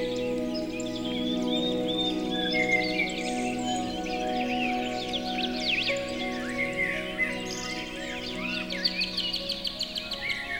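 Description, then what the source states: Birds singing in an overlapping chorus of sharp chirps and short trills, set against a steady layer of held musical notes. Birdsong mixed with music.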